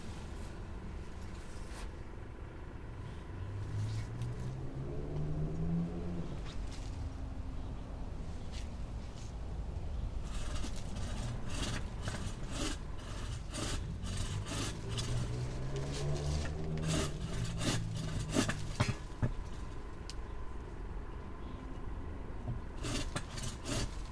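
Two small apple trees are being cut down over a steady low engine-like rumble. The motor pitch swells and falls around 4–6 seconds and again around 14–18 seconds, while sharp cracks and snaps cluster between 10 and 19 seconds and return near the end.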